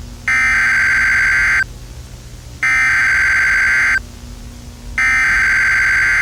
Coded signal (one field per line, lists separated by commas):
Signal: Emergency Alert System (SAME) tones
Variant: header bursts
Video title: Volcanic Rampage - An EAS Scenario